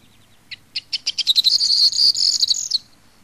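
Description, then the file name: Corn bunting song: a few spaced ticking notes accelerating into a dense, jangling, buzzy trill, ending abruptly. "STRILLOZZO"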